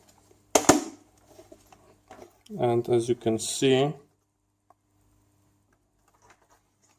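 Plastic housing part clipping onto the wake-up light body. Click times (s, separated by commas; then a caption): 0.5 s. A plastic housing part on a Philips HF3485 wake-up light, being reassembled after fixing buttons that did not work, is pushed onto its retaining clips. It snaps home with a sharp click at 0.6 s, followed by a second hit at 0.7 s. Someone then talks, and the clip ends in near silence with a few faint ticks.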